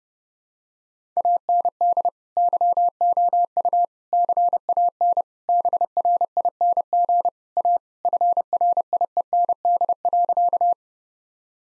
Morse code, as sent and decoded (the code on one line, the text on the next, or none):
.- -. -.. / -.-- --- ..- / -.-. .- -. / -... .-. .. -. --. / .- / ..-. .-. .. . -. -.. .-.-.-
AND YOU CAN BRING A FRIEND.